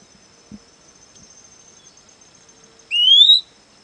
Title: LuckyPassaro Completos2Sama. Fuscous Flycatcher (Cnemotriccus fuscatus)